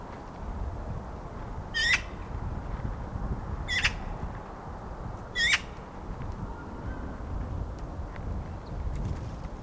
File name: Pica pica